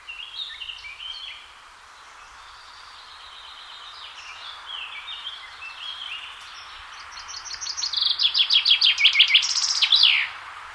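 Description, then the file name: Common chaffinch song near the end: a descending trill of sharp notes with a final flourish, after softer twittering at the start. "Fringilla coelebs"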